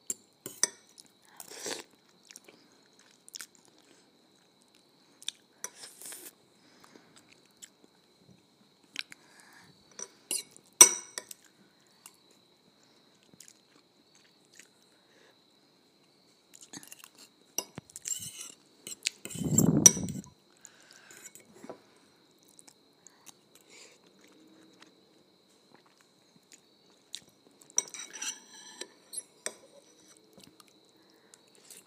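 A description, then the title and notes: Eating ramen noodles: scattered bright clicks, utensil taps and slurps in bursts, with a louder low thump and slurp near twenty seconds. ASMR Ramen Noodles.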